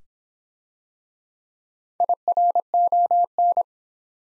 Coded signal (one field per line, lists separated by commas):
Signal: Morse code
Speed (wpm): 26 wpm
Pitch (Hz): 700 Hz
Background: none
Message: IRON